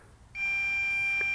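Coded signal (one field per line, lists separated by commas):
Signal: beep code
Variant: MJX RC transmitter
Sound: one long steady electronic beep of about one second, slightly buzzy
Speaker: it has activated the 2nd level of fail-safe low voltage return to home with the long beeps, and it is making its way back one more time.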